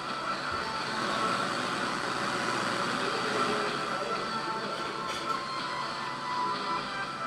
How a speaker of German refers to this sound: Hier auf dem Bus.